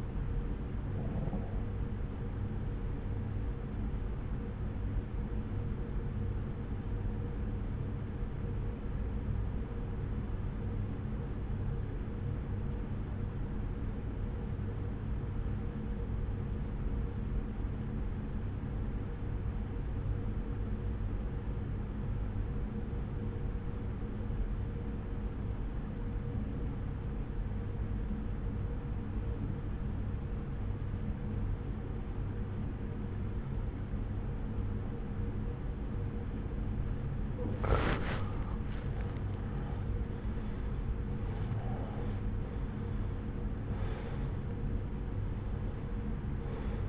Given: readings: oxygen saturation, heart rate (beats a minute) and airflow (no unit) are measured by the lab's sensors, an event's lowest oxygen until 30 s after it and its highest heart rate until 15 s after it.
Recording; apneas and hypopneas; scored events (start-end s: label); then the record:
breathing in sleep by a smartphone at the bedside; 1
9.00-38.60 s: obstructive apnea (N1, oxygen 94% highest, then 85% lowest, heart rate 62 at the start, 71 highest)
24.00-46.89 s: new sleep stage, N2 (light sleep)
From the record:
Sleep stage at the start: N1 (lightest sleep); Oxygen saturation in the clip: 85 to 94%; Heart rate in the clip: 60 to 71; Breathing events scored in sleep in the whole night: 303 in 8.1 hours asleep